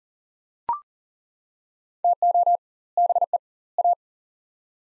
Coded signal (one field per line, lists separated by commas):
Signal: Morse code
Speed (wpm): 40 wpm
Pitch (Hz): 700 Hz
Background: none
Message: TO BE A